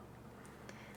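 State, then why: Seated. A plastic washer back is pushed onto the stem of a plastic safety eye through the crochet fabric of a plush. One sharp snap at 0.7 s marks the back locking the eye in place, over a low steady background hum.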